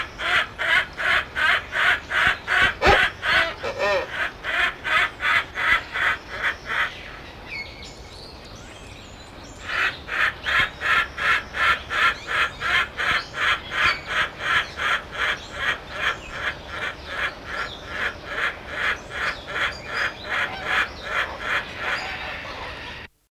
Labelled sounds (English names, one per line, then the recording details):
Blyth's Hornbill call
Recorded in captivity
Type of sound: call
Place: Zoo Hannover, Niedersachsen, DE
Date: 1978-12-29
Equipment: Halbspur, 9,5 cm/s
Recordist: Lütgens, Hans
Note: Rufe